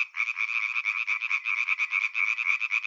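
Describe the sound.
European tree frog call: a rapid, continuous series of harsh, nasal pulses, steady throughout with no other sounds.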